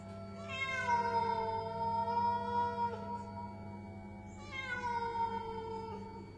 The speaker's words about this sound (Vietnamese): Từ đâu xuất hiện một con mèo đen, nó nhảy tót lên trên nóc một nấm mộ, mà hình như đây là mộ cụ tổ của dòng họ nhà ông Giang. Con mèo nghiêng nghiêng cái đầu rồi đột nhiên kêu lên mấy tiếng.